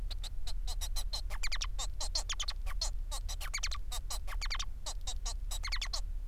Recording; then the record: song of a male Bengalese finch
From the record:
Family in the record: son of father 4